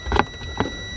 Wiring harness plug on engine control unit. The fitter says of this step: so i don't have it clicked in so let me just unplug it and